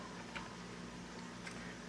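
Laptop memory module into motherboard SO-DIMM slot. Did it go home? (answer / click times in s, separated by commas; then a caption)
no / none. A second laptop memory module is lined up with its notch matched to the key in the motherboard SO-DIMM slot and slid in before being pushed down. A steady low hum runs throughout, with faint soft handling taps near 0.4 and 1.5 seconds. Nothing has seated or clicked yet.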